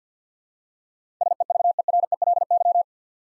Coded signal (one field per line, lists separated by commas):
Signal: Morse code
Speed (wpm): 50 wpm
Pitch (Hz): 700 Hz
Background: none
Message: SEVERELY